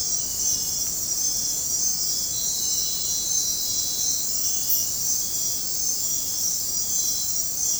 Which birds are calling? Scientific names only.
none